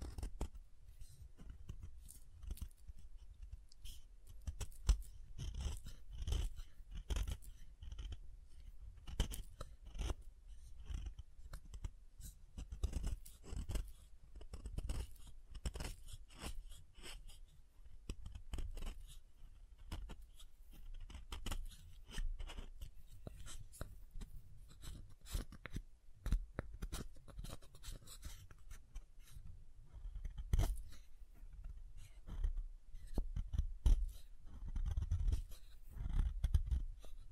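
Tapping and carving on a bar of soap, with dense clusters of short, crisp clicks and scrapes running throughout. The taps come quickly and irregularly, some sharper and louder, over a low steady rumble, with brief quieter gaps near 17 and 27 seconds.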